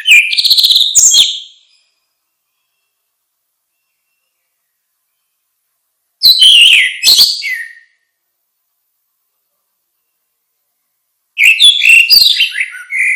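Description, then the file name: Orange-headed thrush song in three bursts of jumbled whistles and squeaky notes, each lasting about one and a half seconds, separated by long silences. "suara kicau burung anis merah"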